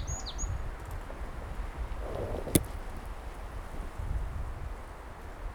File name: Poecile palustris